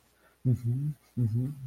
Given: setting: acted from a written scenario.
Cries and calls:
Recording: vocal sound without words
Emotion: awe

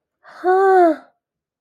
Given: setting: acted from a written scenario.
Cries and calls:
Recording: vocal sound without words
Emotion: awe

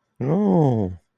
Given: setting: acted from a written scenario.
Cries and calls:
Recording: vocal sound without words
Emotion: adoration

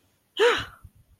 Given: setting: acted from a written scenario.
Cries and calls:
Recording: vocal sound without words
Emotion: triumph

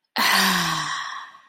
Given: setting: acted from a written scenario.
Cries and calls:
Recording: vocal sound without words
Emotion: ecstasy

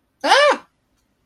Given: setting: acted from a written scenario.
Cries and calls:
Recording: vocal sound without words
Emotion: fear

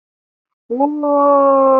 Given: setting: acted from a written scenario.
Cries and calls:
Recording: vocal sound without words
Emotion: elation

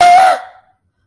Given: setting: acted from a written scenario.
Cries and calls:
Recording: vocal sound without words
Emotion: fear

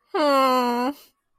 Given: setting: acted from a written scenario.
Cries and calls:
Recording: vocal sound without words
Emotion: distress

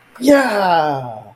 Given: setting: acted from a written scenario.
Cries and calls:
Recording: vocal sound without words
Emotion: triumph

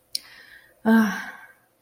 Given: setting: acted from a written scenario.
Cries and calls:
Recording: vocal sound without words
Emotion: contentment

